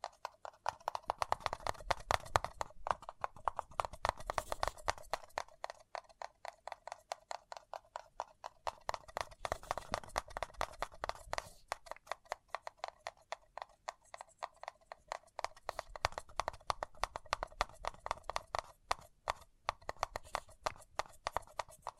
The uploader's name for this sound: Paper Cup Tingles